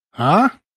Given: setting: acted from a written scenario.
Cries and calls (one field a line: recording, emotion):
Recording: vocal sound without words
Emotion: confusion